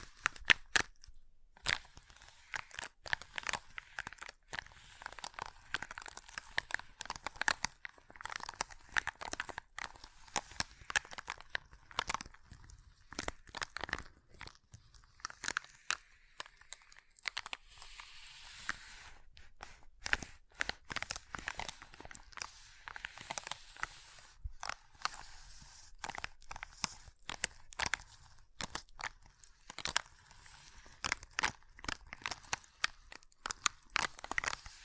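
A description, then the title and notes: Ice is tapped, scratched and carved, making a dense run of sharp crunchy clicks and scrapes that never settle into a regular beat. The sounds are bright and crisp, with brief quieter gaps around the middle. ASMR Ice Tapping, Scratching, Carving Sounds (No Talking).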